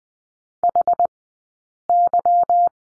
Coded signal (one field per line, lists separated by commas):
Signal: Morse code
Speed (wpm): 20 wpm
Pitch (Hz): 700 Hz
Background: none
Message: HY